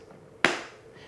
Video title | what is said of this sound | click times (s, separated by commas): Best Carbon Fiber Motorcycle Helmet? Simpson, Scorpion, 6D, Daytona, Ruroc.. | you get that positive click feedback there and then to unlock it, you just press this silver | 0.5 s